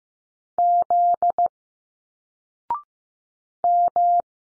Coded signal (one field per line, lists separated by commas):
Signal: Morse code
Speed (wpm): 15 wpm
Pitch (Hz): 700 Hz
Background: none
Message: Z M